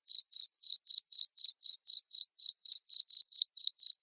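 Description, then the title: Cricket chirps, loud short high pulses repeated evenly about four times a second with nothing else heard. Loud cricket chirping played to make lovebirds sing continuously. "Suara JANGKRIK NGERIK Keras Bikin LOVEBIRD Jadi NGEKEK Terus"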